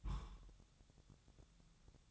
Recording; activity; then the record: daily activity, microphone in the room; place on stove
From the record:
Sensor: 3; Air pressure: 999.3 hPa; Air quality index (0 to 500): 196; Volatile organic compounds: 43 ppm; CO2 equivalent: 3199 ppm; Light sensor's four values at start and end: 7/17/7/7 and 7/17/7/7